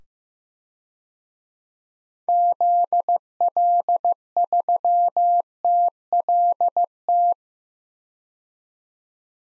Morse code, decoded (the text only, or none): ZL3TLT